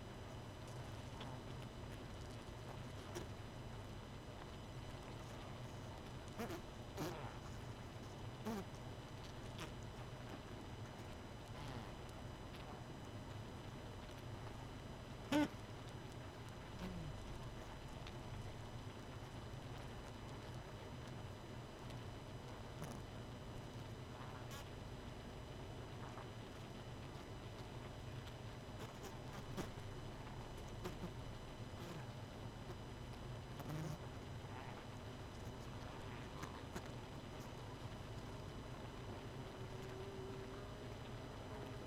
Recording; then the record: honeybee colony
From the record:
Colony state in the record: missing queen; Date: 31 May 2018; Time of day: 22:28